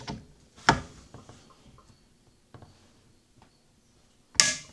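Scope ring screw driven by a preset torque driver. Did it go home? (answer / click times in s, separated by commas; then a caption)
yes / 4.4 s. A scope ring screw on a Leupold muzzleloader scope mount is tightened with a torque driver preset to 28 inch-pounds, with faint handling taps and a sharp knock near 0.7 s. The driver gives a loud, bright click at 4.4 s, confirming the screw has reached its setting and is sufficiently torqued.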